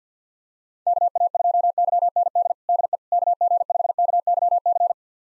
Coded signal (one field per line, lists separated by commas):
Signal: Morse code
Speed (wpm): 50 wpm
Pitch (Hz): 700 Hz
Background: none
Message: KA2YND DE KG5KYC